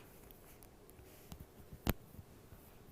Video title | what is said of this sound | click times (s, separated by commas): JewelleryMaker LIVE 18/03/17 6PM - 11PM | so can you hear even hold on I'm going to lift up to my microphone it's got to click | 1.9 s